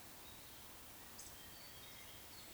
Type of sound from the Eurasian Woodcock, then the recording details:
whistle. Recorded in Baden-Württemberg, Germany, on 19 June 2020 at 19:23 UTC. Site 49006, 684 m above sea level